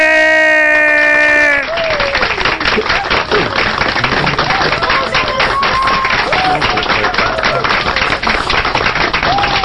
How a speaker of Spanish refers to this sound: Ya, basta de aplausos,